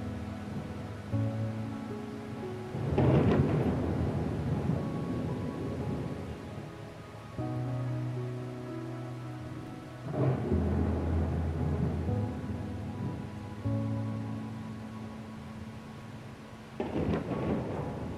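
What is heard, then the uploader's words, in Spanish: Rain and thunder with soft classical music, rumbles swelling near three, ten and seventeen seconds over steady rain and sustained low piano-like tones. Sonidos relajantes del trueno y la lluvia, acompañados de música clásica suave.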